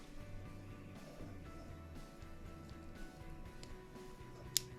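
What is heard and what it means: With music playing in the background, a plastic wiring connector on an R&G tail tidy for a 2017–2021 Kawasaki Ninja 650 KRT is turned around and pushed together into its mating loom plug. There is a faint tap at 3.6 s, then a sharp, loud click at 4.6 s as the connector clips in and seats.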